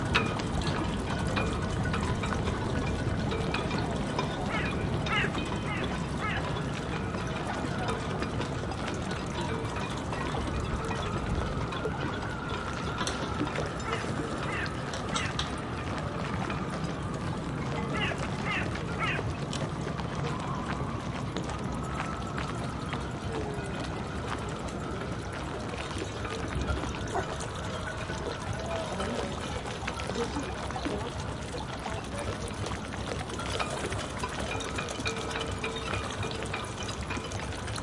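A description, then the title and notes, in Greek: A French harbor with a dense, steady bed of low rumble and moving water that holds level for the whole stretch. Indistinct voices murmur through it, a faint engine drone wavers in the middle, and small knocks and clicks surface now and then. Λιμάνι Γαλλία.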